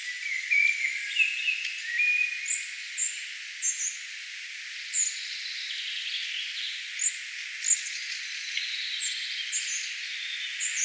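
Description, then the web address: Spotted flycatcher singing sharp, high, scratchy single notes spaced a second or so apart, with other birds singing softly beneath. Singing, 4 June 2025. "paivat 4 6 2025 harmaasieppo laulaa"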